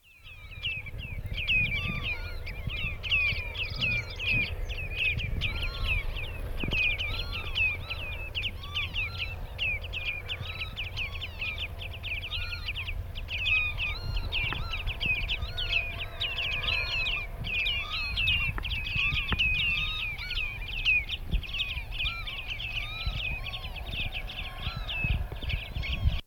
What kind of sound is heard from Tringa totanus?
call